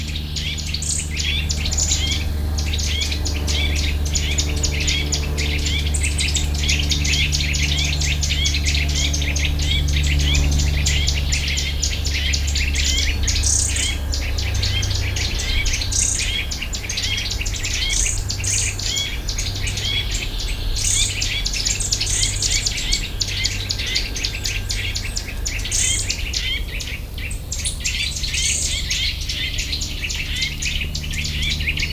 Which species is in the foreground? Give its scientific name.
Sitta europaea